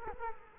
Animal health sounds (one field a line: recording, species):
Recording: mosquito wingbeat signal from an infrared sensor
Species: Culex quinquefasciatus